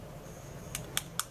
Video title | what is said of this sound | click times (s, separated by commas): Reviewing and Testing Corner Rounders | so this doesn't snap into place the way i'd like it to | 0.8 s, 1.0 s, 1.2 s